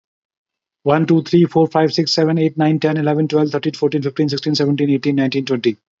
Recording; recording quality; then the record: counting at a fast pace; excellent, no background noise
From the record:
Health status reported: healthy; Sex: male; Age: 37 years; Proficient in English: yes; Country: India